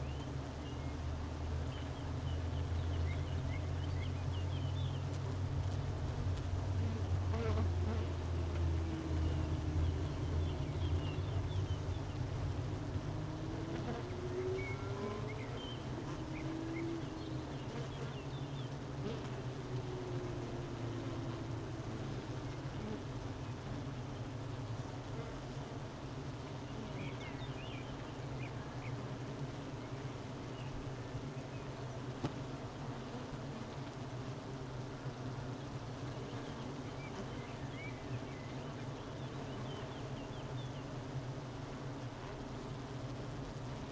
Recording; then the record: honeybee colony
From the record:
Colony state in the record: missing queen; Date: 31 May 2018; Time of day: 12:13